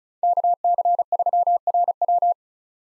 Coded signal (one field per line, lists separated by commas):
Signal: Morse code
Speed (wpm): 34 wpm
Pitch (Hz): 700 Hz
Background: none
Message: KC3RW